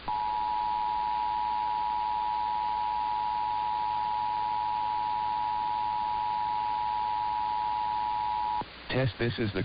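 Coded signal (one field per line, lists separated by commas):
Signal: Emergency Alert System (SAME) tones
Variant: 853 and 960 Hz attention tone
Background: speech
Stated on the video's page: NOAA Weather Radio required weekly tests and Nevada required monthly tests.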